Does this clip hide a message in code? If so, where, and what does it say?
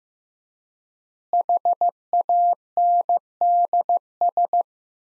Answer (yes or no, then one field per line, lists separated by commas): yes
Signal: Morse code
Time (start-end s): 1.3-4.6 s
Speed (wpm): 16 wpm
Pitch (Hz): 700 Hz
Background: none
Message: HANDS